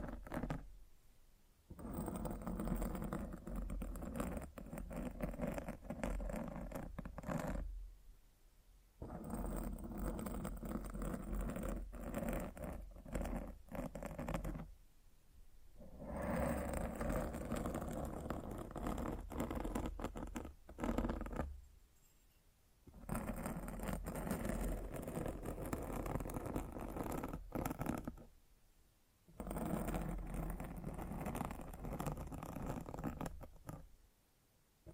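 Mic scratching in rough, dense bursts of rubbing and crackle lasting several seconds, separated by short silent gaps around 1, 8, 15, 22 and 28 seconds.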